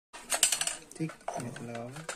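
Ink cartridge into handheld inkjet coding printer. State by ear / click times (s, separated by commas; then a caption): not seated / none. A plastic ink cartridge is handled at the bay of a handheld inkjet coding printer while someone talks, with a burst of short sharp taps between about 0.3 and 0.7 s. Nothing has seated or clicked yet.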